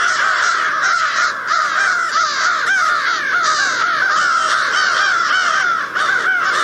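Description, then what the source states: American Crow flock cawing continuously, many harsh overlapping caws forming a loud, steady chorus with no pauses. Familiar loud cawing; large groups gathered together can be very loud.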